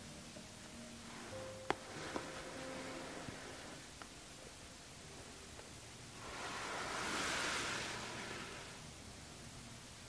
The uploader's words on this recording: TimASMR-Put on Your Pajamas & Let Me Get You Ready For Bed (skincare, hair brushing, no talking).